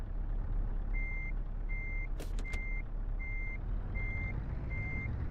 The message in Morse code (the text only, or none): none